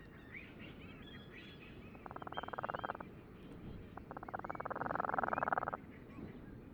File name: Cape Verde Storm Petrel